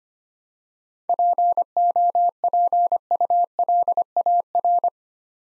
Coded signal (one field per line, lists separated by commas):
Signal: Morse code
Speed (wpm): 25 wpm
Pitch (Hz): 700 Hz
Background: none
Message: POPULAR